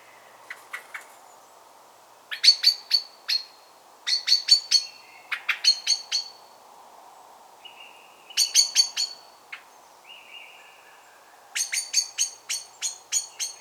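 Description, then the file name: Eurasian blackbird clucking calls: dry clicking notes in rapid runs, with a few soft whistled notes between the runs. "Turdus merula"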